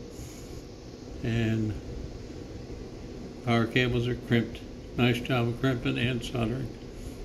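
Someone talks while handling the plastic cover of the junction box on a Renogy 100W solar panel, which is about to be pressed on; this cover snaps on very easily but also comes off easily. Nothing has seated or clicked yet when the clip ends.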